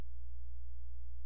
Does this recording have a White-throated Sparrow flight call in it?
no